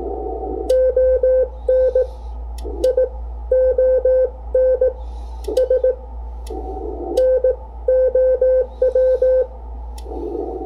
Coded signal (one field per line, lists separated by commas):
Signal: Morse code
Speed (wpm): 18 wpm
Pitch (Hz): 510 Hz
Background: none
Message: ONIONS NOW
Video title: Ham Radio Modes | SSB VS CW VS FT8 Conversions